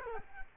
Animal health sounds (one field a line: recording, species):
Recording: mosquito wingbeat signal from an infrared sensor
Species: Culex quinquefasciatus